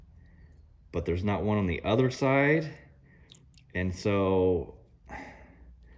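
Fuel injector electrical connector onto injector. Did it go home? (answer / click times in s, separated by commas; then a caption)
no / none. Someone talks while fitting a plastic electrical plug onto a throttle-body fuel injector whose connector has its locking tab missing on one side. Two faint ticks from handling the plug are heard near 3.3 and 3.6 seconds. The connector fails to snap in, and nothing has seated or clicked yet.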